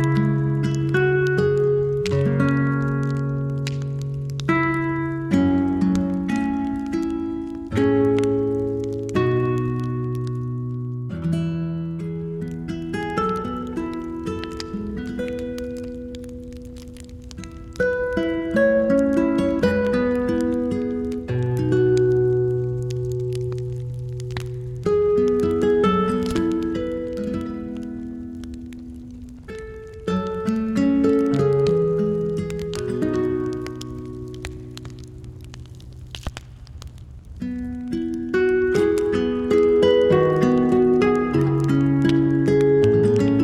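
Calm, slow music fills the clip, with low sustained bass notes shifting every few seconds beneath a gentle, unhurried melody in the middle range. Faint crackling taps sit lightly in the background, and the level stays steady throughout.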